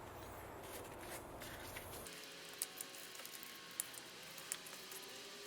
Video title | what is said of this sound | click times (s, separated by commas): Audi a4 avant s-line 2011 2.0 TFSI spark plugs coil packs removal replacement | You will feel this, you will hear the little click once these are secure. | 2.6 s, 3.8 s